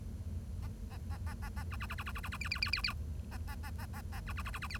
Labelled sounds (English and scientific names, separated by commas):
Bengalese Finch (Lonchura striata domestica) song